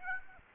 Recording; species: mosquito wingbeat signal from an infrared sensor; Aedes aegypti